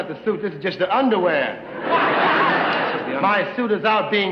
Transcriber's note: soundbite of laughter